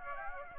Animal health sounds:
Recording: mosquito wingbeat signal from an infrared sensor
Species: Aedes aegypti

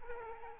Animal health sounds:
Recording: mosquito wingbeat signal from an infrared sensor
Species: Aedes aegypti

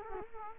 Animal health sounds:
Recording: mosquito wingbeat signal from an infrared sensor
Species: Culex quinquefasciatus

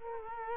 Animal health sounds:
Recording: mosquito wingbeat signal from an infrared sensor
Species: Culex quinquefasciatus

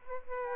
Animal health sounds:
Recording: mosquito wingbeat signal from an infrared sensor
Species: Aedes albopictus

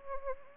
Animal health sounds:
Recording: mosquito wingbeat signal from an infrared sensor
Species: Anopheles arabiensis

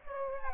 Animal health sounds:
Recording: mosquito wingbeat signal from an infrared sensor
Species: Aedes aegypti

